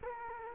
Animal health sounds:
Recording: mosquito wingbeat signal from an infrared sensor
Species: Culex quinquefasciatus

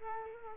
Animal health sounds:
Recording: mosquito wingbeat signal from an infrared sensor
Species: Culex quinquefasciatus

